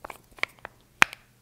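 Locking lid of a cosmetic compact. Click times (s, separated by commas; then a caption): 1.0 s. The locking plastic lid of a cosmetic compact is snapped shut close to a microphone, locking so the case won't open in a bag. A few small ticks and taps lead up to a loud, sharp click at 1.0 s as the lid locks, followed by a faint tick.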